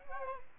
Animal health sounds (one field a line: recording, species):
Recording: mosquito wingbeat signal from an infrared sensor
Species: Aedes albopictus